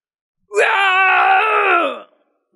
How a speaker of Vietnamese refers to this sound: Một tiếng gào thét dữ dội xé lồng vang lên.